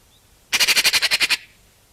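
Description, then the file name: Eurasian magpie giving a single harsh rattle of about nine quick, grating pulses lasting under a second. "Pica pica"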